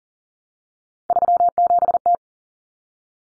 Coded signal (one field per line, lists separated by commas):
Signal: Morse code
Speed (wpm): 40 wpm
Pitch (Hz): 700 Hz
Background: none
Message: 37T